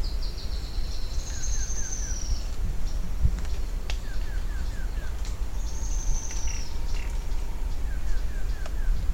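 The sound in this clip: Bird calls with high drawn-out descending whistles and series of short chipping notes, over a steady low rumbling background.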